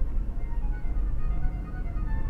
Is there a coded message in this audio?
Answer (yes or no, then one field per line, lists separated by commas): no